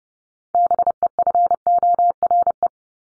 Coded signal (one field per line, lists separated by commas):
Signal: Morse code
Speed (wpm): 30 wpm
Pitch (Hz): 700 Hz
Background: none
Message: BEFORE